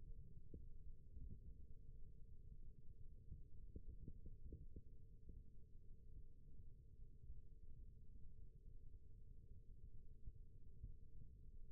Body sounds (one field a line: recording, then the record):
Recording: forearm muscle sounds (acoustic myography)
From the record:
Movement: rest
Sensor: system 1, eight BSWA MPA416 microphones around the upper forearm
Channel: 3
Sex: male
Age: 20 years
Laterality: left